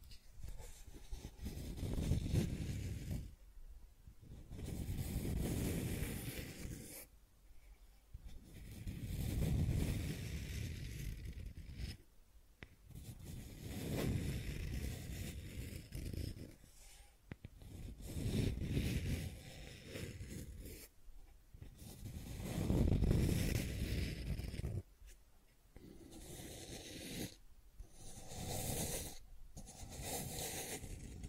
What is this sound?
Scratching and Tracing Sounds